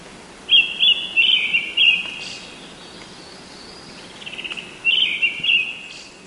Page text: 赤腹鶇 別名： 赤胸鶇 學名： Turdus chrysolaus , 冬候鳥. Teruo Furushima, Wild Bird Songs in Japan